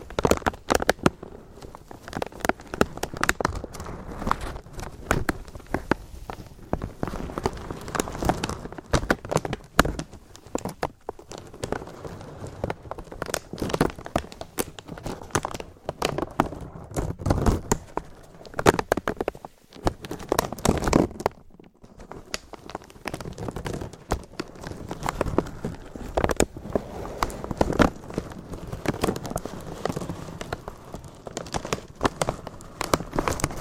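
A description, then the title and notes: Gentle crinkling with dense, irregular crackles and soft taps throughout, brief quiet pauses near 11 and 20 seconds, steady and unhurried. ASMR Slow & Gentle Crinkle Triggers. (No Talking).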